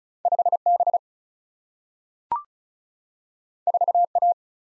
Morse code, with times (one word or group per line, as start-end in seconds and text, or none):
0.3-0.6 5
0.7-1.0 B
3.7-4.0 4
4.2-4.3 A